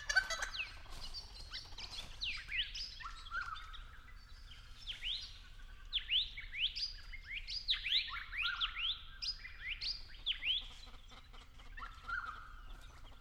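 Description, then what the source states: Friarbird calls, a long run of sliding, mostly down-swept harsh notes and squawks, varied and fairly continuous. In an Angophora tree.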